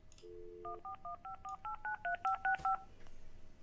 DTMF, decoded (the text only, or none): 14154893565